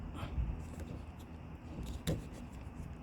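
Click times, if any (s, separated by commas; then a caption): none. A rear wiper blade is being handled and pressed back down onto the rear wiper arm mount of a Toyota RAV4, Highlander, Jeep or Chevrolet, so its plastic clip can snap shut. Low rustling handling noise runs throughout, with a brief sharp knock near 2.1 s. The blade has not seated or clicked yet.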